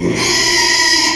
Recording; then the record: squeal of a Yucatan mini pig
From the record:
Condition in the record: after surgery on the right vocal fold (resection and tissue-engineered implant); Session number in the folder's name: 2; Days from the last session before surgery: 13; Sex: male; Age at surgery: 12 weeks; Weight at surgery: 13 kg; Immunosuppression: cyclosporine, prednisolone